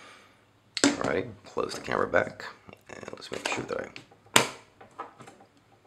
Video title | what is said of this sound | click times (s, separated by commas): Loading Film: Kodak Retinette IB | make certain that you click that you hear the latch engage all | 0.8 s